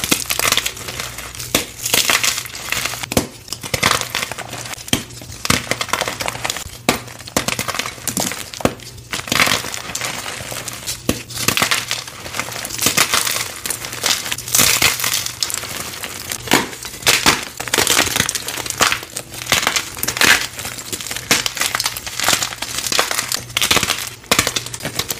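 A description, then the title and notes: Dyed gym chalk is crushed and broken up, a dense run of dry crinkling, crunching and scraping with sharp bright snaps every second or so. The activity stays busy and irregular throughout, over a faint low hum. Dyed Chalk Cubes Process + Crush. ASMR gym chalk cutting, chopping, slicing, breaking, and crushing sounds.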